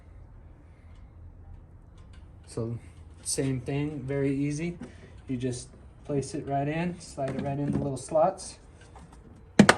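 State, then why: Seated. Someone talks while an air filter cover is placed and slid into its little housing slots, then pushed home. Two sharp snaps at 9.6 and 9.7 seconds show the filter cover has seated into its slots.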